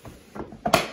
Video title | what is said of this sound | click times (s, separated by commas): HOMEMADE YEAST BREAD (The Bread Of Life) | you do make sure you hear that snap if | 0.7 s